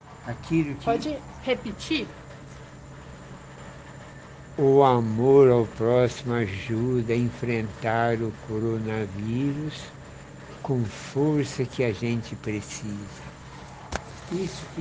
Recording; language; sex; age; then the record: spoken sentence; Brazilian Portuguese; male; 80 to 89 years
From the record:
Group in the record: respiratory insufficiency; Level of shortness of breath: 5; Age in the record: 81 years